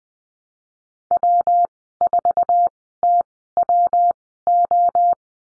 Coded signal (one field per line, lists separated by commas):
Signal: Morse code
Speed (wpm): 20 wpm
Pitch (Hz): 700 Hz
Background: none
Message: W4TWO